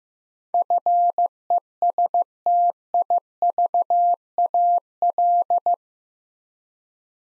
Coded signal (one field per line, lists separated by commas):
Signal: Morse code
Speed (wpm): 15 wpm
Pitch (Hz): 700 Hz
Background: none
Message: FESTIVAL